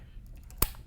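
A camera on its quick-release plate is set into a tripod head with the lens facing away from the pan handle. A few faint ticks lead up to one sharp, loud click at 0.6 s as the plate snaps in and seats in the head.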